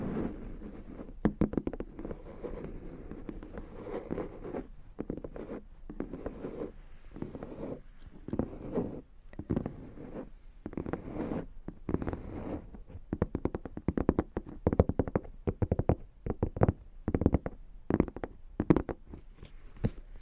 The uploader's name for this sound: Headphone Tapping & Massage Rollers